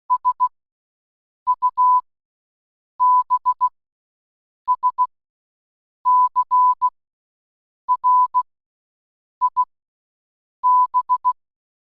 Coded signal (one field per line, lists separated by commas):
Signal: Morse code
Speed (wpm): 16 wpm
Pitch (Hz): 1000 Hz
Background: none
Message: SUBSCRIB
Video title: How Does Morse Code Works?